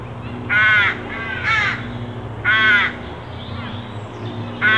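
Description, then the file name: Carrion crow uttering several loud, harsh caws at uneven intervals, over a steady low hum. "Corvus corone"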